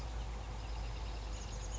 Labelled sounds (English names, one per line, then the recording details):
Chestnut-backed Chickadee
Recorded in Sonoma County, California